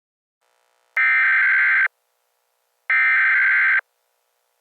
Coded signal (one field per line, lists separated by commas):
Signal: Emergency Alert System (SAME) tones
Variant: header bursts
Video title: EAS Scenario #1: WW3 Part 1: The Buildup